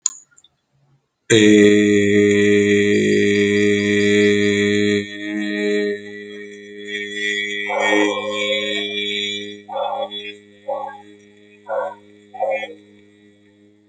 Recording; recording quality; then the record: sustained vowel as in made; excellent, no background noise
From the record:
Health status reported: healthy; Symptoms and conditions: none ticked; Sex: male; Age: 27 years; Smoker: yes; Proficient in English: yes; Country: India